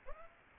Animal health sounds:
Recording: mosquito wingbeat signal from an infrared sensor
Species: Aedes aegypti

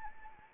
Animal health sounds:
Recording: mosquito wingbeat signal from an infrared sensor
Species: Anopheles arabiensis

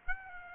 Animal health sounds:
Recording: mosquito wingbeat signal from an infrared sensor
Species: Aedes aegypti

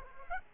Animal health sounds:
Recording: mosquito wingbeat signal from an infrared sensor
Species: Aedes aegypti

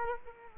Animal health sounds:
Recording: mosquito wingbeat signal from an infrared sensor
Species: Culex quinquefasciatus

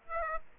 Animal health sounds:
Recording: mosquito wingbeat signal from an infrared sensor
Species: Aedes aegypti

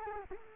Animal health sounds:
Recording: mosquito wingbeat signal from an infrared sensor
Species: Culex quinquefasciatus

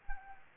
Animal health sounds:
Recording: mosquito wingbeat signal from an infrared sensor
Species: Anopheles arabiensis

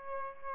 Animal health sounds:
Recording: mosquito wingbeat signal from an infrared sensor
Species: Aedes albopictus

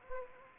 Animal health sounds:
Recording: mosquito wingbeat signal from an infrared sensor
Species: Anopheles gambiae

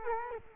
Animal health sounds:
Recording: mosquito wingbeat signal from an infrared sensor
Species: Culex quinquefasciatus

